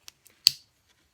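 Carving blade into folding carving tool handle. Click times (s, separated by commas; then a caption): 0.5 s. A blade on a Flexcut Carvin Jack folding carving tool is swung open into its handle. Two faint ticks at 0.1 and 0.3 seconds lead to a sharp, bright lock click at 0.5 seconds with a short ringing tail. The blade locks open firmly, and the lock is called very solid.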